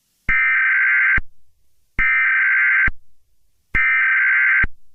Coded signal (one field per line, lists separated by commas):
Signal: Emergency Alert System (SAME) tones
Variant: header bursts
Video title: chibi virus short eas scenario (true ending to evil tanjiro kamado)